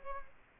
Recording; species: mosquito wingbeat signal from an infrared sensor; Culex quinquefasciatus